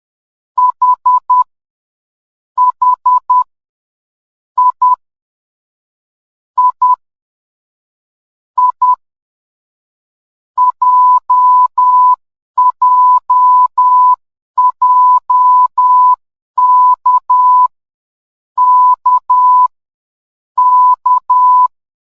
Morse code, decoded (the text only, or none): H H I I I J J J K K K